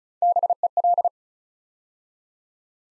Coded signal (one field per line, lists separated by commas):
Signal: Morse code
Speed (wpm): 36 wpm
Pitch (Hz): 700 Hz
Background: none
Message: BEL